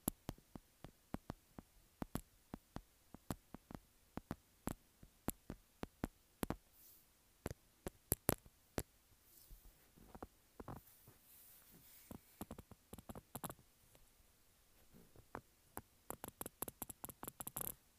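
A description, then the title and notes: Sharp taps on a textured phone case come in irregular bursts, sometimes spaced apart and sometimes in quick runs, with a rapid flurry near the end. Between about ten and fifteen seconds, softer continuous scratching fills the gaps between taps. Tapping and Scratching Textured Phone Case.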